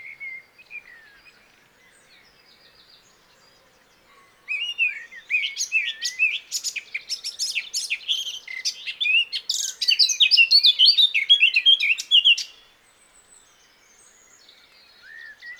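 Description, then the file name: Eurasian blackcap song: after a few soft notes, an energetic eight-second warble of rapid scratchy and whistled notes that grows louder before stopping abruptly. "Sylvia atricapilla"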